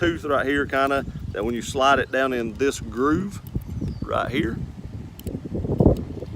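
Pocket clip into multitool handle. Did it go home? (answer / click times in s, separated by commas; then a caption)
yes / 5.8 s. Someone talks while the removable pocket clip, bought separately, is slid down a groove on the handle of a Leatherman Wave multitool. After light handling clicks from about 5.2 s, the clip's tooth locks into place with a click at 5.8 s. It is seated, though it stays a little loose.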